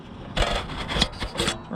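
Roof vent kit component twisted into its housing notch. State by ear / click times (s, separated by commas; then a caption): seated / 1.0 s. A twist-lock component from a roof bath-fan vent kit is seated into a notch in its housing and turned a full 360° with slight upward pressure. A longer rubbing, scraping sound begins at about 0.4 s, then a sharp, short click comes at 1.0 s as the part locks in place. After that the rubbing continues more quietly.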